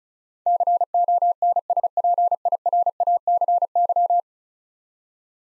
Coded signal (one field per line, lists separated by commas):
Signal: Morse code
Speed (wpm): 36 wpm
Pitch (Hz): 700 Hz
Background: none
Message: CONSPIRACY